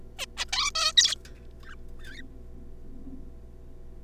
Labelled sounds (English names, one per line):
Zebra Finch